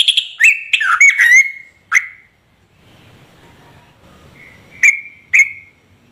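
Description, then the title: Yellow-vented Bulbul song: a quick burst of chattering whistled notes, a pause with faint background rustle, then two sharp whistled notes. Trucukan singing vigorously (gacor) in rapid continuous delivery (ropel), its song filled with material taken from other birds (isian). "TRUCUK GACOR ROPEL ISIAN WAMBHI"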